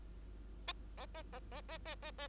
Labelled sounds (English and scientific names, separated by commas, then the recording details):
Bengalese Finch (Lonchura striata domestica) song
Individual Bird2